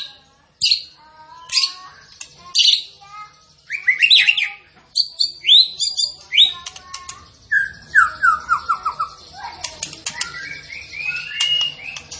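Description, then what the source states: Zebra finch song, a lively string of sharp chirps, buzzy harmonic notes and short whistles, with a descending run of quick notes in the second half. Masteran training recording featuring a gacor (actively, continuously singing) zebra finch.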